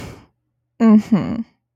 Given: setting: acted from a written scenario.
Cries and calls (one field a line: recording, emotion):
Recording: vocal sound without words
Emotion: contempt